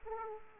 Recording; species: mosquito wingbeat signal from an infrared sensor; Aedes aegypti